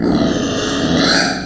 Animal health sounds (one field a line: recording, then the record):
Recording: squeal of a Yucatan mini pig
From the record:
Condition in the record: before surgery on the right vocal fold (resection and tissue-engineered implant)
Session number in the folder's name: 3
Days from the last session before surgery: 0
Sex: female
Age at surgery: 19 weeks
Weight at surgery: 25 kg